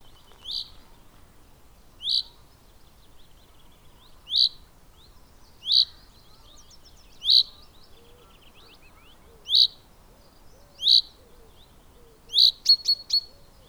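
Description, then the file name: Common chaffinch calls: loud abrupt pink-like notes repeated every one to two seconds, with two quicker ones at the end and faint low calls in the background. "Fringilla coelebs"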